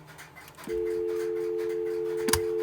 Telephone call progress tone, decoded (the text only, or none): dial tone